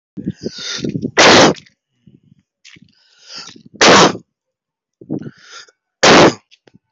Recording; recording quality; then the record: heavy voluntary cough; excellent, no background noise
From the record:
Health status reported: COVID-19 positive, no symptoms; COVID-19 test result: positive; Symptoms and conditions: cough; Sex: male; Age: 30 years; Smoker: not ticked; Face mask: not worn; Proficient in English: yes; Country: India